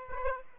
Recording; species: mosquito wingbeat signal from an infrared sensor; Aedes aegypti